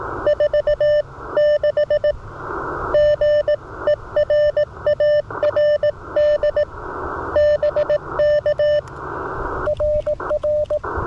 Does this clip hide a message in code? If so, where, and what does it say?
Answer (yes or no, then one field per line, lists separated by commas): yes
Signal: Morse code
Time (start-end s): 0.3-10.8 s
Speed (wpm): 18 wpm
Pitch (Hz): 600 Hz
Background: radio noise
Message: 4 6 GERARD BK RR